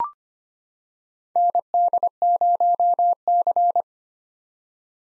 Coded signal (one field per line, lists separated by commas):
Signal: Morse code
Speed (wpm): 25 wpm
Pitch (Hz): 700 Hz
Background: none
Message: ND0C